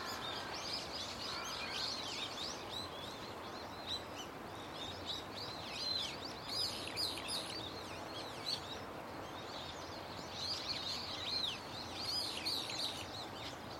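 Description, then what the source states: Birds twittering in bursts of overlapping high chirps, with constant low background noise. Loud, unceasing chorus of many birds singing from a tetrapod breakwater belt and its trees.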